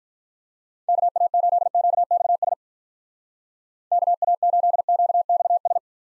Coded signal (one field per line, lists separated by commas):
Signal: Morse code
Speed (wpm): 47 wpm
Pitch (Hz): 700 Hz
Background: none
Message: KA8QXS KA8QXS